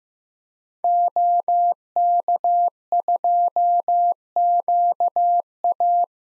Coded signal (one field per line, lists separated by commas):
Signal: Morse code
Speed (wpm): 16 wpm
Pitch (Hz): 700 Hz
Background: none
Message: OK2QA